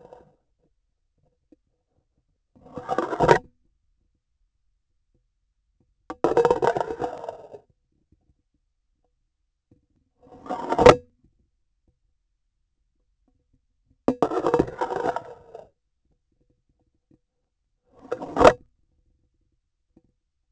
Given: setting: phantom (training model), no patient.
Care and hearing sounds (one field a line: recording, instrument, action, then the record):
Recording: laparoscopic instrument, vibration sensor on the handle end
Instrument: grasping forceps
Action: insertion and removal through the trocar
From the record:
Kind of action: spatial motion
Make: Olympus